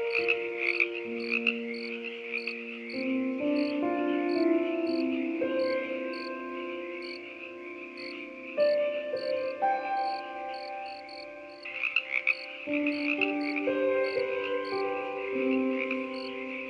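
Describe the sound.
Frogs calling together in a continuous buzzy chorus with quick repeated pulses, while held low tones change pitch in steps underneath throughout.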